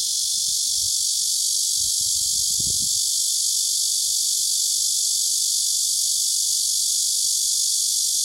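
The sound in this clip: Cicada sustaining a loud, unvarying high-pitched buzz from start to finish, with a patch of soft low rumbling during the first three seconds.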